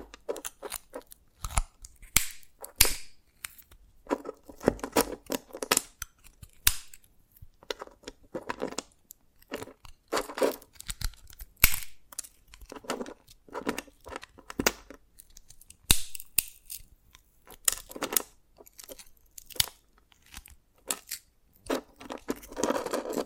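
Dalgona candy is tapped and cracked in sharp, irregular clicks and snaps, with bright scraping between and a few louder cracks throughout.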